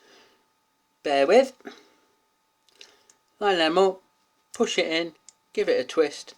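A bayonet-fit part is handled at the top of a 24mm vape mod, pushed into its slot-type fitting to be twisted until it locks. Someone talks throughout, and a few faint ticks sound around 2.7 to 3.1 seconds between phrases. The clip ends before the part goes home, so nothing has seated or locked yet.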